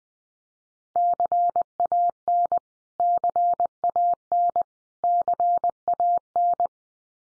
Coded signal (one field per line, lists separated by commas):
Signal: Morse code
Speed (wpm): 20 wpm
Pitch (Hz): 700 Hz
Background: none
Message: CAN CAN CAN